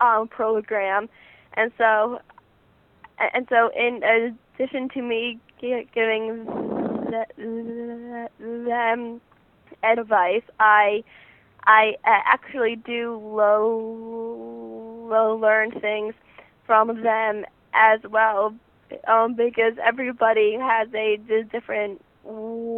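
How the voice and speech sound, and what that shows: A teenage girl speaking with stuttering: sound and syllable repetitions, stretched vowels, glottal blocks and long silent pauses break up her otherwise fluent, clearly voiced speech.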